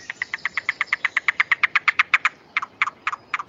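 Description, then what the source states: Yellow-billed Cuckoo call: a rapid, evenly spaced series of notes, then a brief pause and slower, separated notes. Migrates to river and creek habitat in the low and high deserts of the Southwest.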